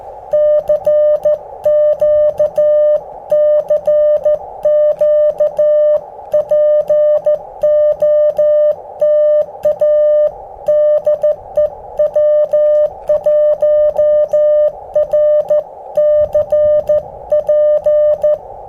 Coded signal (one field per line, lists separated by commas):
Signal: Morse code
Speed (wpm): 14 wpm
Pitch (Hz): 600 Hz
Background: music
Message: CQ CQ POTA DE W1RCP